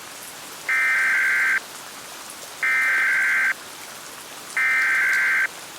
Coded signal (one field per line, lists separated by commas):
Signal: Emergency Alert System (SAME) tones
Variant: header bursts